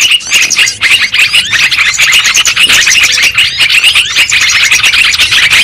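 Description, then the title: Lovebird squeaks and twittering, fast and shrill, overlapping constantly. Lure sound used for trapping birds. "PIKAT BURUNG LOVEBIRD"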